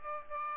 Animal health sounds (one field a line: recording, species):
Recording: mosquito wingbeat signal from an infrared sensor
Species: Aedes aegypti